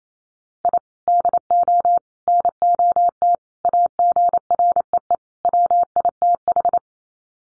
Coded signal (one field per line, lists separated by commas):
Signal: Morse code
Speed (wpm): 28 wpm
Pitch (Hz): 700 Hz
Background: none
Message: I DO NOT AGREE WITH